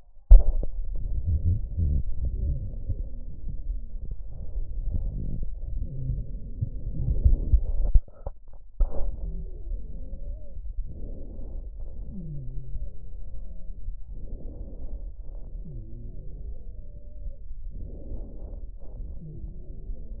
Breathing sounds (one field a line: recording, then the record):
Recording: lung sounds by stethoscope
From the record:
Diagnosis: chronic bronchitis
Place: left posterior upper chest